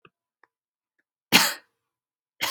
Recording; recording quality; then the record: counting at a normal pace; poor, much background noise or distortion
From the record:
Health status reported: healthy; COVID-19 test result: not tested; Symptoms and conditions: none ticked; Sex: female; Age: 48 years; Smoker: not ticked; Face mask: not worn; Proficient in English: yes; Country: United States